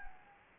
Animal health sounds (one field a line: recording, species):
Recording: mosquito wingbeat signal from an infrared sensor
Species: Anopheles gambiae